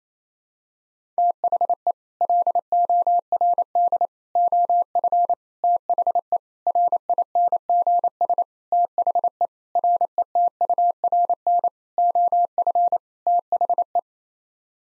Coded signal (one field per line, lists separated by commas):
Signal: Morse code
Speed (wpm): 27 wpm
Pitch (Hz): 700 Hz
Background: none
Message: THE LORD OF THE RINGS THE RETURN OF THE